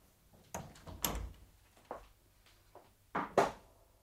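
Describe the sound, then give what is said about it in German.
A door being closed: a scatter of wooden creaks and bumps, a dull low thud, then two sharper clacks of the latch catching near the end, with no voices. “Komm herein und mach die Tür zu.”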